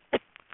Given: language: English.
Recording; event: throat vibration sensor signal played as sound; cough